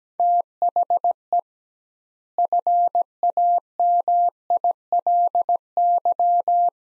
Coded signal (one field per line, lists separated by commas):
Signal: Morse code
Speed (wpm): 17 wpm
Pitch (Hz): 700 Hz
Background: none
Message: THE FAMILY